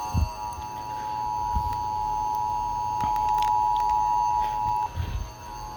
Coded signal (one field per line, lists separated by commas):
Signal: Emergency Alert System (SAME) tones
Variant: 853 and 960 Hz attention tone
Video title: NATIONAL EAS TEST 2023!! | South Carolina [B93.7FM and Spectrum TV!]